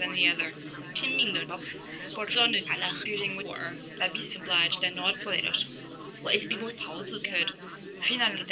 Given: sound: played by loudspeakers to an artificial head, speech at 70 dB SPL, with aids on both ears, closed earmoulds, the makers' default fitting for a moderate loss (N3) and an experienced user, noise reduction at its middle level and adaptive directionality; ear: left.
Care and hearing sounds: speech test signal (ISTS) in cocktail-party noise; 0 dB; in front (0 degrees)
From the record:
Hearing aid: class 1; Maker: C

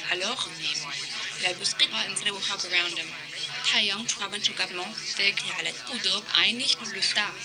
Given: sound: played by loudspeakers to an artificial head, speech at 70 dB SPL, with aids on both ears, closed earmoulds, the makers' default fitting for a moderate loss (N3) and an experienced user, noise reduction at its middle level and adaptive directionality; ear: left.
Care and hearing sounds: speech test signal (ISTS) in cocktail-party noise; +3 dB; in front (0 degrees)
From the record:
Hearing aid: class 2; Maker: A

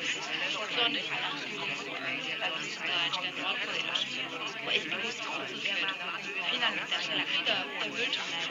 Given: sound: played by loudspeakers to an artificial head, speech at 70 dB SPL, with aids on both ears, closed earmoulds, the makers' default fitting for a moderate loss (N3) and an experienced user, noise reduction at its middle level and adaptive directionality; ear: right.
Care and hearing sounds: speech test signal (ISTS) in cocktail-party noise; -6 dB; in front (0 degrees)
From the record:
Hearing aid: class 1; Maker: G

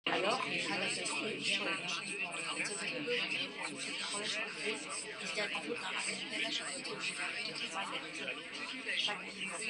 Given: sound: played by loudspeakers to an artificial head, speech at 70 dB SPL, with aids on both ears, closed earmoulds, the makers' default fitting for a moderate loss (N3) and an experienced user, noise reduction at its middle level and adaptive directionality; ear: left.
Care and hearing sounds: speech test signal (ISTS) in cocktail-party noise; -3 dB; on the right (90 degrees)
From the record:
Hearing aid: class 2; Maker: I

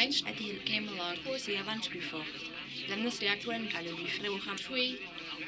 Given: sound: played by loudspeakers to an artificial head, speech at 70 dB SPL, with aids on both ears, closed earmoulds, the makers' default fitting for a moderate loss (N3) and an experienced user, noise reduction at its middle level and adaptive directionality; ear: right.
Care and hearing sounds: speech test signal (ISTS) in cocktail-party noise; +6 dB; in front (0 degrees)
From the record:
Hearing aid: class 2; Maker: D

